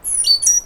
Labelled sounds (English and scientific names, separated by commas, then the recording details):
Stitchbird (Notiomystis cincta) song
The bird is a male
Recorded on Tiritiri Matangi Island, New Zealand, in 2005
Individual 1, of nest box 1